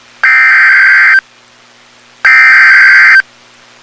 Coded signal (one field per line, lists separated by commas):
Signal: Emergency Alert System (SAME) tones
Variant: header bursts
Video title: Severe T'storm Warning (EAS #364)